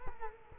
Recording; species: mosquito wingbeat signal from an infrared sensor; Culex quinquefasciatus